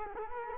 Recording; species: mosquito wingbeat signal from an infrared sensor; Culex quinquefasciatus